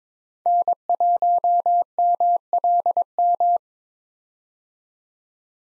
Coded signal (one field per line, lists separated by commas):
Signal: Morse code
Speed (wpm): 22 wpm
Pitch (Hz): 700 Hz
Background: none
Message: N1MLM